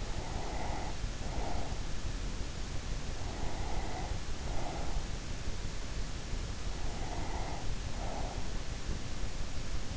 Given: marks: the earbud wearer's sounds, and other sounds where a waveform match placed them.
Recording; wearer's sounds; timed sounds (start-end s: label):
sounds in sleep by an in-ear microphone; breath
0.00-2.20 s: breath
3.32-5.26 s: breath
6.80-8.92 s: breath